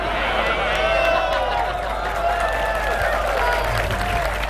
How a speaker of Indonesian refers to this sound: Banyak yang tepuk tangan karena mau ngambil duit.